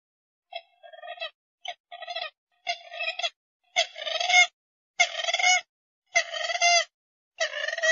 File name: Tieng trich co